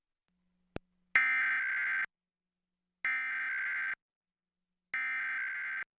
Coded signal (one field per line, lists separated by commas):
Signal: Emergency Alert System (SAME) tones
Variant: header bursts